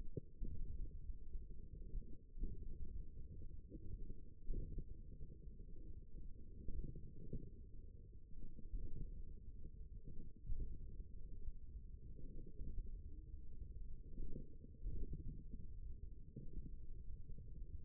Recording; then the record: forearm muscle sounds (acoustic myography)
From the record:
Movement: hand opening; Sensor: system 1, eight BSWA MPA416 microphones around the upper forearm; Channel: 3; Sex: male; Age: 54 years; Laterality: right